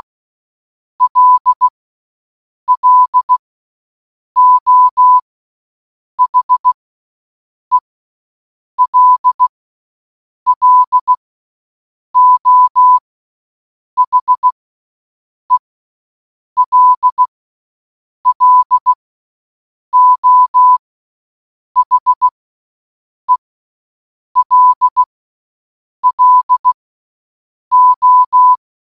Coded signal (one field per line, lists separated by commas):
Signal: Morse code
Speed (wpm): 16 wpm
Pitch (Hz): 1000 Hz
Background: none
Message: LLO HELLO HELLO HELLO